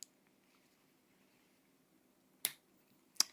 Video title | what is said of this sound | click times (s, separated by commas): Part 3: Tyro 119 Flight Controller + Frsky R-XSR + ESC + VTX + GPS + Camera | a little bit more force than you might think you need but once you get that audible click then you're good | 2.4 s